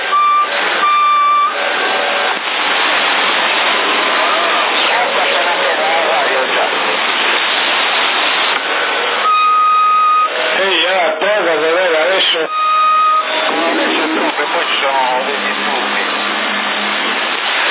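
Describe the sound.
Whistling tones on a busy CB radio channel in Sassari: short bursts of steady, fairly high whistles, some wavering in pitch, over loud, constant crackly radio noise with murmuring voices.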